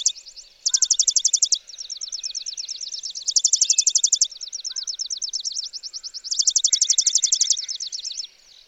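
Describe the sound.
Chipping sparrow song, a rapid mechanical trill of bright chips repeated every few seconds, overlapped by a second, slower trill and brief soft notes beneath.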